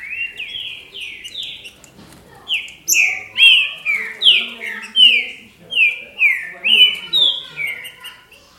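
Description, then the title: Green-winged saltator sings a long run of loud whistled notes, each sliding downward, about two per second. "Trinca Ferro"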